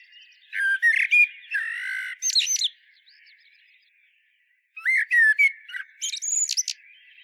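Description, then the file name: Common blackbird singing two phrases of fluty low whistles capped by shrill high twitters, a silent gap of about two seconds between them. "Turdus merula"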